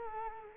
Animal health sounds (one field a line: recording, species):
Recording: mosquito wingbeat signal from an infrared sensor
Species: Culex quinquefasciatus